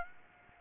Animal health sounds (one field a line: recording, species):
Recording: mosquito wingbeat signal from an infrared sensor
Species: Aedes aegypti